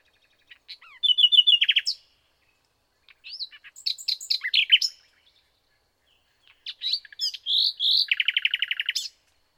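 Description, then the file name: Common nightingale singing in separate bursts: a quick trill, a jumble of varied sharp notes, then a rich phrase closing with a rapid buzzy rattle. "Luscinia megarhynchos"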